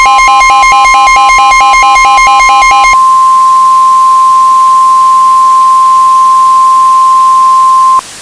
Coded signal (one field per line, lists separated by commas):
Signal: Emergency Alert System (SAME) tones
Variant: 1050 Hz attention tone